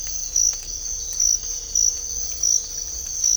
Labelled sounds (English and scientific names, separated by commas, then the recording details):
none
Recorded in dense forest near Puerto Asís, Putumayo, Colombia, on 18 December 2024 at 05:30
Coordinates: 0.500, -76.322
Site G053